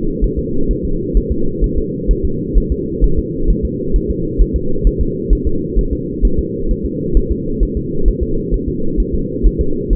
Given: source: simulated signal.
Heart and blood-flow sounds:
fetal heart sounds
0.24 s: S1
0.39 s: S2
0.71 s: S1
0.85 s: S2
1.17 s: S1
1.32 s: S2
1.64 s: S1
1.78 s: S2
2.11 s: S1
2.25 s: S2
2.57 s: S1
2.72 s: S2
3.04 s: S1
3.19 s: S2
3.50 s: S1
3.65 s: S2
3.96 s: S1
4.10 s: S2
4.41 s: S1
4.56 s: S2
4.87 s: S1
5.01 s: S2
5.33 s: S1
5.47 s: S2
5.79 s: S1
5.93 s: S2
6.25 s: S1
6.39 s: S2
6.71 s: S1
6.85 s: S2
7.17 s: S1
7.31 s: S2
7.63 s: S1
7.77 s: S2
8.08 s: S1
8.23 s: S2
8.54 s: S1
8.68 s: S2
9.00 s: S1
9.14 s: S2
9.46 s: S1
9.61 s: S2
9.93 s: S1
From the record:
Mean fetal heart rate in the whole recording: 130 bpm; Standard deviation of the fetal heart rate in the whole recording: 2 bpm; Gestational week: 36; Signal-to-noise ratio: -8.1 dB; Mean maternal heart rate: 72 bpm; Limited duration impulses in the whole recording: absent

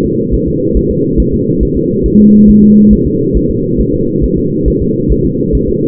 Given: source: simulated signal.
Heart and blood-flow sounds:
fetal heart sounds
0.05 s: S2
0.34 s: S1
0.48 s: S2
0.77 s: S1
0.91 s: S2
1.20 s: S1
1.34 s: S2
1.63 s: S1
1.77 s: S2
2.06 s: S1
2.20 s: S2
2.50 s: S1
2.63 s: S2
2.93 s: S1
3.07 s: S2
3.37 s: S1
3.51 s: S2
3.81 s: S1
3.94 s: S2
4.24 s: S1
4.38 s: S2
4.68 s: S1
4.82 s: S2
5.12 s: S1
5.25 s: S2
5.55 s: S1
5.69 s: S2
From the record:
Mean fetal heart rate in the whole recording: 140 bpm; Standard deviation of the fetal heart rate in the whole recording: 2 bpm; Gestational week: 34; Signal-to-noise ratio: -11.2 dB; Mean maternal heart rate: 72 bpm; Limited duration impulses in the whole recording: present

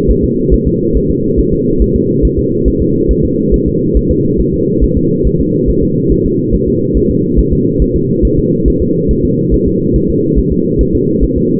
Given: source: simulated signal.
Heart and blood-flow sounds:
fetal heart sounds
0.11 s: S1
0.25 s: S2
0.54 s: S1
0.67 s: S2
0.97 s: S1
1.10 s: S2
1.39 s: S1
1.53 s: S2
1.82 s: S1
1.96 s: S2
2.25 s: S1
2.39 s: S2
2.68 s: S1
2.82 s: S2
3.11 s: S1
3.25 s: S2
3.54 s: S1
3.68 s: S2
3.97 s: S1
4.11 s: S2
4.40 s: S1
4.54 s: S2
4.84 s: S1
4.98 s: S2
5.27 s: S1
5.41 s: S2
5.69 s: S1
5.83 s: S2
6.12 s: S1
6.26 s: S2
6.54 s: S1
6.68 s: S2
6.97 s: S1
7.11 s: S2
7.39 s: S1
7.53 s: S2
7.82 s: S1
7.96 s: S2
8.25 s: S1
8.39 s: S2
8.68 s: S1
8.82 s: S2
9.11 s: S1
9.25 s: S2
9.54 s: S1
9.68 s: S2
9.96 s: S1
10.10 s: S2
10.38 s: S1
10.52 s: S2
10.81 s: S1
10.95 s: S2
11.24 s: S1
11.38 s: S2
From the record:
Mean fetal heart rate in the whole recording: 140 bpm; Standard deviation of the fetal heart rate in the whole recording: 2 bpm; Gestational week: 34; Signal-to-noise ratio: -11.2 dB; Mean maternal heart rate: 72 bpm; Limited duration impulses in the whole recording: present

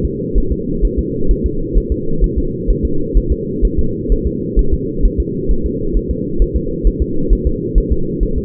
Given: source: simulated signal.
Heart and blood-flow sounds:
fetal heart sounds
0.05 s: S2
0.38 s: S1
0.52 s: S2
0.85 s: S1
0.99 s: S2
1.31 s: S1
1.46 s: S2
1.77 s: S1
1.92 s: S2
2.24 s: S1
2.38 s: S2
2.70 s: S1
2.85 s: S2
3.17 s: S1
3.32 s: S2
3.65 s: S1
3.79 s: S2
4.12 s: S1
4.27 s: S2
4.59 s: S1
4.74 s: S2
5.05 s: S1
5.20 s: S2
5.51 s: S1
5.66 s: S2
5.97 s: S1
6.11 s: S2
6.42 s: S1
6.56 s: S2
6.87 s: S1
7.02 s: S2
7.33 s: S1
7.47 s: S2
7.78 s: S1
7.92 s: S2
8.23 s: S1
8.38 s: S2
From the record:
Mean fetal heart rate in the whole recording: 130 bpm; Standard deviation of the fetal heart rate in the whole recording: 2 bpm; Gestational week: 36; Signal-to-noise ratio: -8.1 dB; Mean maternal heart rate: 72 bpm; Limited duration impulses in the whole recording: absent

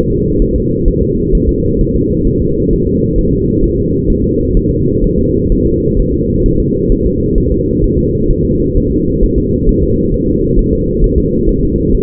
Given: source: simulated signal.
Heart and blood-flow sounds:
fetal heart sounds
0.10 s: S2
0.42 s: S1
0.56 s: S2
0.88 s: S1
1.02 s: S2
1.35 s: S1
1.49 s: S2
1.81 s: S1
1.96 s: S2
2.28 s: S1
2.42 s: S2
2.73 s: S1
2.87 s: S2
3.19 s: S1
3.33 s: S2
3.64 s: S1
3.78 s: S2
4.10 s: S1
4.24 s: S2
4.57 s: S1
4.71 s: S2
5.04 s: S1
5.19 s: S2
5.52 s: S1
5.66 s: S2
6.00 s: S1
6.14 s: S2
6.46 s: S1
6.60 s: S2
6.92 s: S1
7.06 s: S2
7.38 s: S1
7.52 s: S2
7.84 s: S1
7.98 s: S2
8.31 s: S1
8.45 s: S2
8.77 s: S1
8.91 s: S2
9.24 s: S1
9.38 s: S2
9.69 s: S1
9.83 s: S2
10.14 s: S1
10.28 s: S2
10.59 s: S1
10.73 s: S2
11.04 s: S1
11.18 s: S2
11.49 s: S1
11.63 s: S2
11.94 s: S1
From the record:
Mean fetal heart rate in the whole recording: 130 bpm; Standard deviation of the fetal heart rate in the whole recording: 4 bpm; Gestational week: 38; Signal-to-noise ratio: -14.7 dB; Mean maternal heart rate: 72 bpm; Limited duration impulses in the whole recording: present

